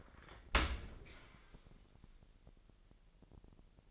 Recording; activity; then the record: daily activity, microphone in the room; open dishwasher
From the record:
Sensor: 5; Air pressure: 1000.7 hPa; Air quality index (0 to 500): 247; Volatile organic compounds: 34 ppm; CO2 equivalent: 3046 ppm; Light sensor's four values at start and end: 31/70/28/26 and 31/72/29/27